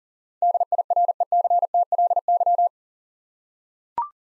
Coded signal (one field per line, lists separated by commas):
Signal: Morse code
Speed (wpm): 43 wpm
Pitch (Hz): 700 Hz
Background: none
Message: DIRECTLY